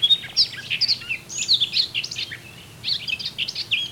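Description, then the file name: Eurasian blackcap warbling song, a fast, rich jumble of scratchy and clear notes in continuous phrases, with a short pause near two and a half seconds and faint low hum beneath. "Sylvia atricapilla"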